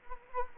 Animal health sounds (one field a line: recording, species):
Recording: mosquito wingbeat signal from an infrared sensor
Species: Anopheles gambiae